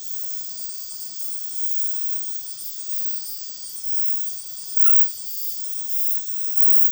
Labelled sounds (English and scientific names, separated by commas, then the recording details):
none
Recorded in dense forest near Puerto Asís, Putumayo, Colombia, on 18 February 2024 at 22:30
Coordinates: 0.505, -76.324
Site G6467